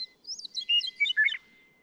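Western meadowlark mid-song, a string of liquid, gurgling notes tumbling downward, over a thin steady background tone.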